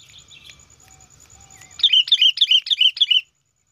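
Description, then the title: Sooty-headed bulbul: quiet twittering, then a rapid even series of several bubbly notes that stops abruptly. "Kutilang"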